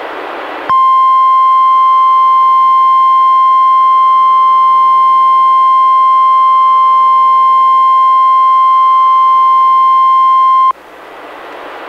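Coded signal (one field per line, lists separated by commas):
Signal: Emergency Alert System (SAME) tones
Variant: 1050 Hz attention tone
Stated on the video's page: Two NOAA Weather Radio Required Weekly Tests issued by NWS Portland, relayed from Astoria, recorded directly from a Reecom R-1630 weather radio over USB.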